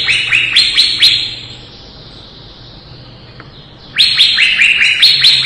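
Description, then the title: Leafbird song: a short run of sharp, high, slurred notes opens, a quiet gap follows, then a fresh energetic burst of chirping. Lively singing (gacor), 2017. "Suara Burung Cucak Ijo Gacor 2017"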